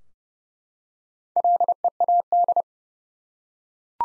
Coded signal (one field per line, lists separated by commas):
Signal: Morse code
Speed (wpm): 30 wpm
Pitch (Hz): 700 Hz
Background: none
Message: LEAD